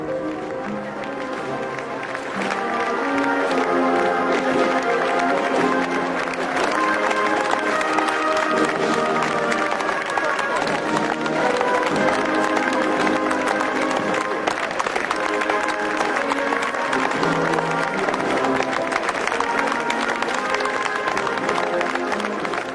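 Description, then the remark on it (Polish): A large crowd of ordinary Poles gathered beneath Wawel in Poland applauds steadily to bid farewell to a presidential couple on their last journey, a dense wash of clapping mixed with many voices that swells in after a couple of seconds and stays loud and continuous throughout. “pod Wawelem pojawili się przede wszystkim zwykli Polacy, którzy to tłumnie przyszli, by powiedzieć: żegnamy, dziękujemy, by towarzyszyć w tej ostatniej drodze parze prezydenckiej.”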